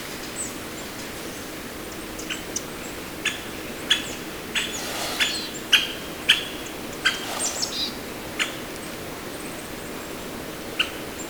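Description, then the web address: Great spotted woodpecker giving sharp, short kik calls, single abrupt notes repeated irregularly about once or twice a second, over a steady hiss of background noise. Recorded at Tomakomai, Japan, on 15 November 2023. "koe akagera 20231115 tomakomai Haruo Kuroda"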